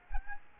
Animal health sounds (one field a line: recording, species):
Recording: mosquito wingbeat signal from an infrared sensor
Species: Aedes aegypti